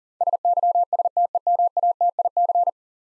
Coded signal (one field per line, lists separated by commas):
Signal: Morse code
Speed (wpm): 37 wpm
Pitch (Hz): 700 Hz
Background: none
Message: SYSTEMATIC